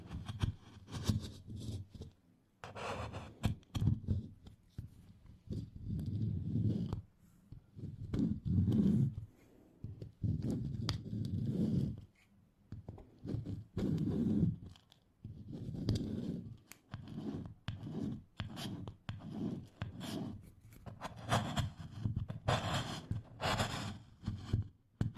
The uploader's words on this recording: TimASMR-Scraping Off Candle Wax Satisfying Scratching Sounds.